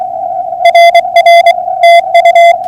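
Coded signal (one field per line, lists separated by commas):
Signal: Morse code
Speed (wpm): 24 wpm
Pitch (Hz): 680 Hz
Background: radio noise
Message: RR TU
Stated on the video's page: POTA hunting contact converted to CW, on an FT991a with a 55 ft end-fed wire antenna sloping down from 25 feet.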